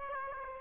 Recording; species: mosquito wingbeat signal from an infrared sensor; Aedes aegypti